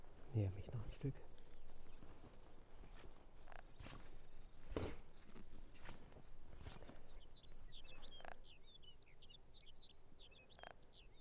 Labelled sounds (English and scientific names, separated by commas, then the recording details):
Rock Ptarmigan (Lagopus muta) call
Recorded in the wild
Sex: pair
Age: adult
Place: Insel Mednyi, Kommandeur-Inseln, RU
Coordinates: 54.5167, 168.083
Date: 1999-06-23 10:35
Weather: Nebel, 4°C, schwacher Wind
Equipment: Sony WM-D6C, Sennheiser MKH 70, Windkorb, Kopie Tascam DA 30
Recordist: Frommolt, Karl-Heinz
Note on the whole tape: Südosten der Insel, Haupttal: knarrende Laute des Hahnes, glucksende Laute der Henne. Am Schluß Abflug. Entfernung 3 bis 12 m (z.T. gute Aufnahmequalität!!!)